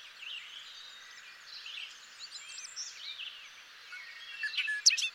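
Bobolink song, a bubbling jumble of tinkling, twanging notes running on without pause, with a few louder sharp notes near the end.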